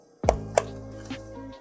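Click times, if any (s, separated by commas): 0.6 s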